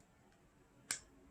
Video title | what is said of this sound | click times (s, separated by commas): anker vs coast flashlights | Putting it back in is super easy. You'll hear it click. | 0.9 s